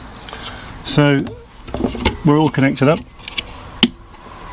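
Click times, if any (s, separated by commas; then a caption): 3.8 s. A water inflow pipe connector is undone and pulled away from a new plastic caravan water inlet housing, releasing more easily than the old one did. Someone talks while a few small handling knocks are heard, then a sharp click sounds at 3.8 seconds as the connector releases.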